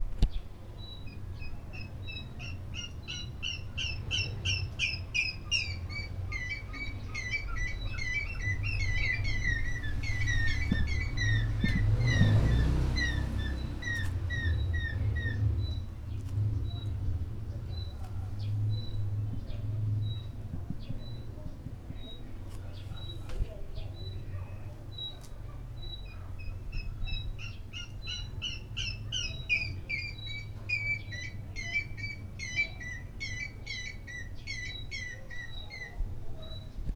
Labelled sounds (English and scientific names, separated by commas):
African Gray Hornbill (Lophoceros nasutus)